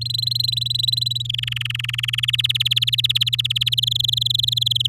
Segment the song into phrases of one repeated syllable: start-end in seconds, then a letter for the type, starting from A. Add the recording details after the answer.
0.01-1.22 A, 1.25-2.25 B, 2.28-3.75 C, 3.77-4.87 D. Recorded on 10 May 2018 at 13:04. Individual llb16